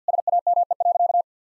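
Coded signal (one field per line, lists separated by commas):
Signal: Morse code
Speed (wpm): 50 wpm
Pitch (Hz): 700 Hz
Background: none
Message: SAME.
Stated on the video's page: Morse sentence-copying drill of common nine-word phrases at 50 wpm, each sentence sent, then spoken, then sent again, with the first words spoken beforehand.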